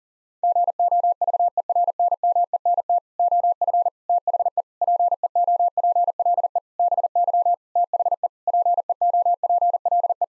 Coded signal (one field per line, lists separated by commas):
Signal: Morse code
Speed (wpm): 40 wpm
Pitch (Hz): 700 Hz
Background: none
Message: GOVERNMENT OF THE PEOPLE BY THE PEOPLE